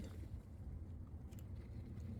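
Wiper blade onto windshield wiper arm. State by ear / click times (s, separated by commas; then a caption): not seated / none. A new Bosch Icon wiper blade with its cover open is slid over the metal windshield wiper arm of a Kia EV6, lining it up before it is pushed into place. A steady low rumble fills the clip, with faint handling scrapes and a brief soft tick near 1.4 seconds. Nothing has seated or clicked yet.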